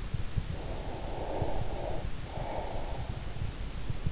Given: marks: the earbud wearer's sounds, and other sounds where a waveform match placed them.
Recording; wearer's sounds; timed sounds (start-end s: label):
sounds in sleep by an in-ear microphone; breath
0.56-3.16 s: breath